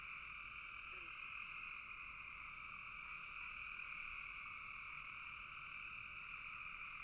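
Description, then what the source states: Frogs in full chorus, a dense steady trill with no pauses. Several frogs calling together in a bog.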